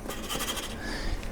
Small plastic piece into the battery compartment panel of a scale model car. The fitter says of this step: Porque não está encaixando.